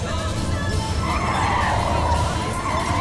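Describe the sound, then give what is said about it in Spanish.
A car engine roars steadily and loudly, its whining tone climbing as the vehicle accelerates over a few seconds, with no one speaking. “Entonces, te sientas sobre el cuerpo del doctor y arrancas. Aceleras.”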